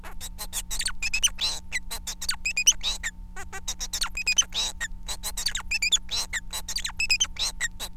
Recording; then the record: song of a male Bengalese finch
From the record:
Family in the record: son of father 4